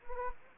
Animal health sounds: mosquito wingbeat signal from an infrared sensor; Anopheles gambiae

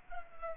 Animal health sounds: mosquito wingbeat signal from an infrared sensor; Culex pipiens

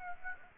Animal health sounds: mosquito wingbeat signal from an infrared sensor; Aedes aegypti

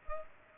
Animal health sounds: mosquito wingbeat signal from an infrared sensor; Culex pipiens

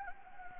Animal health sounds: mosquito wingbeat signal from an infrared sensor; Anopheles gambiae

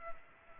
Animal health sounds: mosquito wingbeat signal from an infrared sensor; Culex pipiens

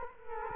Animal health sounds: mosquito wingbeat signal from an infrared sensor; Culex quinquefasciatus

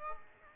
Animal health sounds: mosquito wingbeat signal from an infrared sensor; Aedes aegypti

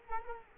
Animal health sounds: mosquito wingbeat signal from an infrared sensor; Culex quinquefasciatus

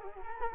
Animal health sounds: mosquito wingbeat signal from an infrared sensor; Culex quinquefasciatus

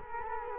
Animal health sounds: mosquito wingbeat signal from an infrared sensor; Culex quinquefasciatus

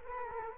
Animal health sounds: mosquito wingbeat signal from an infrared sensor; Culex quinquefasciatus

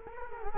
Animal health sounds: mosquito wingbeat signal from an infrared sensor; Culex quinquefasciatus

